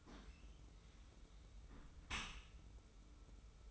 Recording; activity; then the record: daily activity, microphone in the room; close dishwasher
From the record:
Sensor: 1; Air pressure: 991.3 hPa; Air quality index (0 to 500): 123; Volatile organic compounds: 251 ppm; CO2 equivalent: 4364 ppm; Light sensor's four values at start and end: 41/126/50/52 and 41/126/50/52